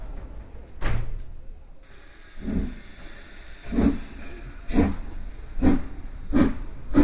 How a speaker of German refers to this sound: 15 Minuten vor 6 traf die Reisegruppe am Bahnhof ein. Train to New York. All aboard.